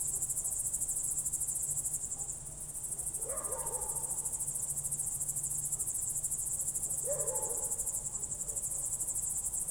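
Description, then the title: Cricket: unceasing high pulsed trilling of crickets, with a lower downward-sliding call heard twice, about four seconds apart. Night crickets heard through a window late in the evening, Goworów, Poland, 18 July 2022, World Listening Day; recorded with Zoom F4 and AT BP4025. "Goworów 6, 57-515, Poland - World Listening Day/Night 18/07/2022-night crickets"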